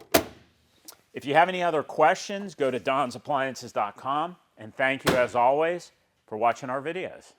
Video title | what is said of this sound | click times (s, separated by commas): Bosch 300 Series 24" White Front Load Dryer ( Model # WPA12100UC) | then this slips back over and then just locks into place. | 0.2 s